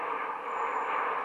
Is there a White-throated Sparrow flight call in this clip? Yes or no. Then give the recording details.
no. No flight call is heard. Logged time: 21:44 on 12 December 2014